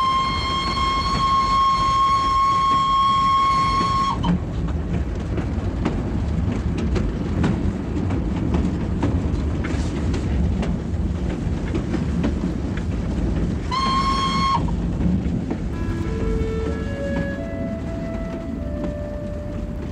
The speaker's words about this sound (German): Der Express von Bukarest nach Konstanza donnerte durch die Nacht, vorbei an valachischen Dörfern, an Maisfeldern und Schafweiden, über die große Donaubrücke bei Czernavoda und weiter in die platte Steppenlandschaft der Dobrudscha.